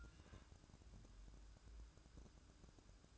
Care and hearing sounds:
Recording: daily activity, microphone in the room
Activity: take from stove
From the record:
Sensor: 2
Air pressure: 1007.8 hPa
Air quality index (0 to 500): 100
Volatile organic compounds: 1 ppm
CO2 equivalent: 757 ppm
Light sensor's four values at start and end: 6/15/6/6 and 6/15/6/6

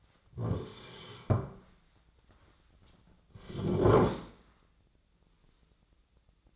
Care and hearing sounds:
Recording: daily activity, microphone in the room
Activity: sit down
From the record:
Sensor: 3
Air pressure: 1009.2 hPa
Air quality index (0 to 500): 184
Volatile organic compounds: 3 ppm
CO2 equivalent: 1488 ppm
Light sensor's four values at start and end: 39/101/45/47 and 54/138/60/62

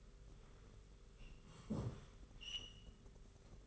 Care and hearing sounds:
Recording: daily activity, microphone in the room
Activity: sit down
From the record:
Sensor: 4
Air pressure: 991.3 hPa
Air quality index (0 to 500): 136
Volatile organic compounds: 53 ppm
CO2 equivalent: 3329 ppm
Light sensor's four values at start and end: 25/80/30/31 and 25/80/30/31

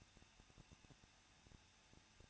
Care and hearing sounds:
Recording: daily activity, microphone in the room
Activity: no activity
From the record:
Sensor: 2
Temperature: 21.0 degrees Celsius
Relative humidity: 37.5%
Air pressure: 1006.3 hPa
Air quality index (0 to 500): 222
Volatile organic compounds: 24 ppm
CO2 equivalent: 2823 ppm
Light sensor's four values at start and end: 2/3/2/2 and 2/3/2/2

